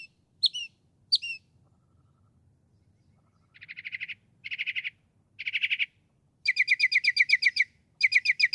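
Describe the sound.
Northern mockingbird singing, two sharp notes, then three repeated buzzy phrases, then fast rattling strings of chirps.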